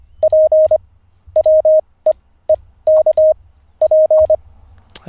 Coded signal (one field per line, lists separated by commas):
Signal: Morse code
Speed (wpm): 26 wpm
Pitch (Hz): 620 Hz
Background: none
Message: P WE E K P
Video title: N0SSC Learns Morse Code (Day 47)